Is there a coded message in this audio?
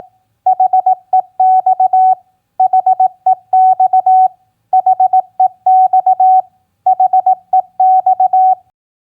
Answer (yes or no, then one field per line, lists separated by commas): yes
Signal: Morse code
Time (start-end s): 0.5-8.5 s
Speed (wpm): 18 wpm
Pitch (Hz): 750 Hz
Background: none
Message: HEX HEX HEX HEX